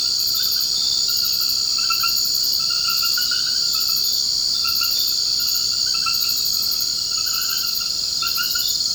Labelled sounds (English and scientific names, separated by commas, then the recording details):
none
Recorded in secondary vegetation near Puerto Asís, Putumayo, Colombia, on 24 March 2025 at 21:00
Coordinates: 0.488, -76.319
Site G095